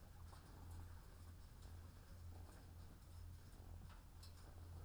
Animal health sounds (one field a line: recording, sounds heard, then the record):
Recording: poultry house recording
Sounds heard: sick chickens (respiratory disease)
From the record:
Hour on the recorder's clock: 13